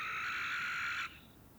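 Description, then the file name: Barn owl single harsh, hissing screech held for about a second before cutting off abruptly, then quiet. A pair in courtship flight. "Common Barn Owl Courtship flight of pair"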